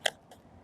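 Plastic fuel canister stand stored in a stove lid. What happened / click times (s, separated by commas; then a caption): A small plastic part snapped free of its clip / 0.1 s. A folding plastic fuel canister stand for a Jetboil Minimo stove is snapped out of the stove's lid, where it is clipped in. One sharp snap is heard at 0.1 s, followed by a much fainter tick at 0.3 s. The stand comes free of the lid.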